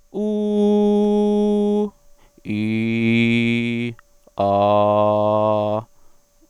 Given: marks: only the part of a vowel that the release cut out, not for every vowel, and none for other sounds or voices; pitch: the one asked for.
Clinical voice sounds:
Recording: sustained vowels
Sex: male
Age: 30 to 39 years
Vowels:
0.25-1.77 s: vowel /u/, high pitch
3.15-3.80 s: vowel /i/, low pitch
4.49-5.67 s: vowel /a/, low pitch
From the record:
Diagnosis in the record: hypernasality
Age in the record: 34 years

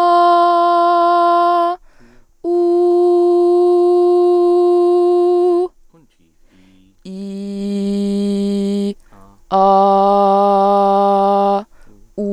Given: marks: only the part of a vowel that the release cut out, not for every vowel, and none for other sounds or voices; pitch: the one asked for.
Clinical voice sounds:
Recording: sustained vowels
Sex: female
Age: 20 to 29 years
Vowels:
0.36-1.72 s: vowel /a/, high pitch
3.34-5.29 s: vowel /u/, high pitch
7.52-8.85 s: vowel /i/, low pitch
9.70-11.53 s: vowel /a/, low pitch
From the record:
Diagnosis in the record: singing voice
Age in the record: 28 years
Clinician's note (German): Stroboskopisch Normalbefund

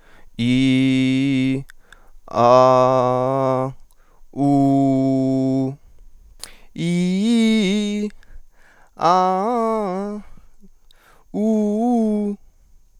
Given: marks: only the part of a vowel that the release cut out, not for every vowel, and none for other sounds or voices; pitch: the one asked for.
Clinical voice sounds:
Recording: sustained vowels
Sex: male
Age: 20 to 29 years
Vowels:
0.48-1.51 s: vowel /i/, low pitch
2.43-3.61 s: vowel /a/, low pitch
4.45-5.63 s: vowel /u/, low pitch
6.85-8.01 s: vowel /i/, low-high-low pitch
9.07-10.13 s: vowel /a/, low-high-low pitch
11.40-12.29 s: vowel /u/, low-high-low pitch
From the record:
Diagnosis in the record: healthy voice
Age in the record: 20 years

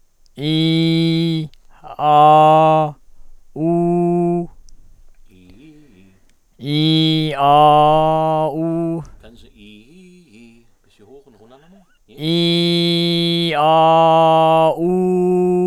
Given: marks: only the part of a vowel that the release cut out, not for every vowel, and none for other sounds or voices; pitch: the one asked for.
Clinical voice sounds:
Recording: sustained vowels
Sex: male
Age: 30 to 39 years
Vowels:
0.44-1.43 s: vowel /i/, low pitch
2.04-2.84 s: vowel /a/, low pitch
3.72-4.35 s: vowel /u/, low pitch
12.30-13.22 s: vowel /i/, low-high-low pitch
13.63-14.65 s: vowel /a/, low-high-low pitch
14.84-15.47 s: vowel /u/, low-high-low pitch
From the record:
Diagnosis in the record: hypernasality, velopharyngoplasty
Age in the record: 36 years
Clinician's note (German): Bei LKG-Spalte, und Zustand nach Velopharyngoplastik

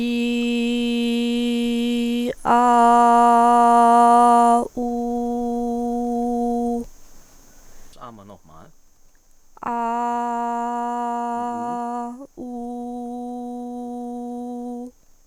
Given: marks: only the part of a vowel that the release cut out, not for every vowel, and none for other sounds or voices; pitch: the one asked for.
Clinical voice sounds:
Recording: sustained vowels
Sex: female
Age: 20 to 29 years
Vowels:
0.00-1.97 s: vowel /i/, normal pitch
9.77-11.31 s: vowel /a/, normal pitch
12.68-14.58 s: vowel /u/, normal pitch
From the record:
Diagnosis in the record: healthy voice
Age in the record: 22 years

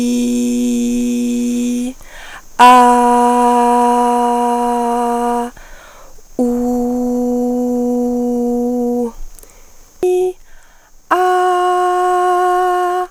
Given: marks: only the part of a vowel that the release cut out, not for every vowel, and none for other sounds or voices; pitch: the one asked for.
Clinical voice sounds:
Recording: sustained vowels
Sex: female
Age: 20 to 29 years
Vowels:
0.00-1.71 s: vowel /i/, normal pitch
3.07-5.03 s: vowel /a/, normal pitch
6.74-8.69 s: vowel /u/, normal pitch
11.25-12.85 s: vowel /a/, high pitch
From the record:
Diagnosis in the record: healthy voice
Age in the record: 25 years

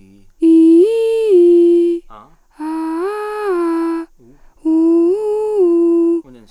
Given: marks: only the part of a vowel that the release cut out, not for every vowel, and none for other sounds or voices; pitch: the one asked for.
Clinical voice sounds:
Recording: sustained vowels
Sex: female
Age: 40 to 49 years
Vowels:
0.44-1.69 s: vowel /i/, low-high-low pitch
2.64-3.93 s: vowel /a/, low-high-low pitch
4.67-6.07 s: vowel /u/, low-high-low pitch
From the record:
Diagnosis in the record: psychogenic dysphonia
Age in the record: 41 years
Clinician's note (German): Psychogene Dysphonie

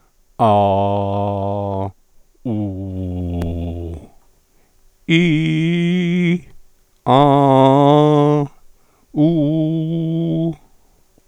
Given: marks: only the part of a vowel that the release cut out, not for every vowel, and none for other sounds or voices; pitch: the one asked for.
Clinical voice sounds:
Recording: sustained vowels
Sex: male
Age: 70 to 79 years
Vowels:
0.47-1.77 s: vowel /a/, low pitch
2.51-3.41 s: vowel /u/, low pitch
5.18-6.28 s: vowel /i/, low-high-low pitch
7.17-8.33 s: vowel /a/, low-high-low pitch
9.23-10.44 s: vowel /u/, low-high-low pitch
From the record:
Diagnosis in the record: recurrent laryngeal nerve paralysis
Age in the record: 76 years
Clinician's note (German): Rechts, mit inkompletter Kompensation

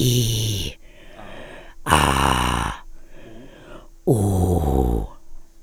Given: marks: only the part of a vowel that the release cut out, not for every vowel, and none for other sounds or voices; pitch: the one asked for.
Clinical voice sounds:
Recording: sustained vowels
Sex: female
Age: 50 to 59 years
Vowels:
0.00-0.52 s: vowel /i/, normal pitch
1.99-2.54 s: vowel /a/, normal pitch
4.18-4.75 s: vowel /u/, normal pitch
From the record:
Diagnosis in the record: ventricular fold phonation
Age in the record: 55 years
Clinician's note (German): Angebahnte Form

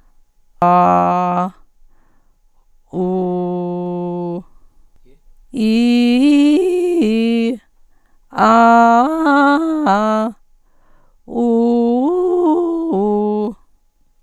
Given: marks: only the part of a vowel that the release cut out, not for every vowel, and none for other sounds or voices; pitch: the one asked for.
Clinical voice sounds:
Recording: sustained vowels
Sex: female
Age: 50 to 59 years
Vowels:
0.66-1.39 s: vowel /a/, low pitch
3.03-4.30 s: vowel /u/, low pitch
5.70-7.42 s: vowel /i/, low-high-low pitch
8.52-10.17 s: vowel /a/, low-high-low pitch
11.46-13.36 s: vowel /u/, low-high-low pitch
From the record:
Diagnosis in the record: recurrent laryngeal nerve paralysis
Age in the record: 59 years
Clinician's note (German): Vorbekannte alte Parese re, z.B. zentral laryngale Bewegungsstörung bei Acustikusneurinom li

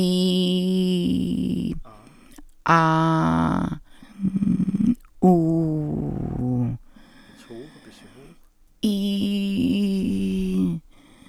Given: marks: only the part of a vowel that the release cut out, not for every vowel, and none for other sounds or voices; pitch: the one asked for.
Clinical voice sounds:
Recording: sustained vowels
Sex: female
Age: 60 to 69 years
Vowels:
0.00-1.30 s: vowel /i/, normal pitch
2.73-3.47 s: vowel /a/, normal pitch
5.29-6.58 s: vowel /u/, normal pitch
8.95-10.55 s: vowel /i/, high pitch
From the record:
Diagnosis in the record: recurrent laryngeal nerve paralysis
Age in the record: 69 years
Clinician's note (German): Doppelseitige mit ausgesprägtem Stridor; Glottiserweiterung mit Laser?

